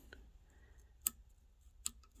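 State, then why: Released. A turn signal lever in the steering column switch detent of a 1953 Ford F100 with a 302 V8 is nudged just out of its lock. The cancel mechanism snaps it back to neutral with sharp clicks at 1.1 s and 1.9 s, with a faint tick near the start. The lever is released and returns where it belongs.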